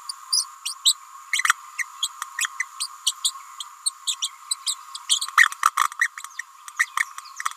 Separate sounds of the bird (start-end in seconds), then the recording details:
0.32-0.46, 0.65-0.74, 0.85-0.95, 1.31-1.43, 1.78-1.86, 2.02-2.09, 2.37-2.49, 2.60-2.64, 2.79-2.87, 3.06-3.13, 3.24-3.32, 3.85-3.91, 4.07-4.16, 4.22-4.30, 4.50-4.56, 4.66-4.75, 5.37-5.48, 5.99-6.08, 6.79-6.87, 6.97-7.04. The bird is a female. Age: 29 days. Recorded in a nest box in Venezuela. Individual 17B31A3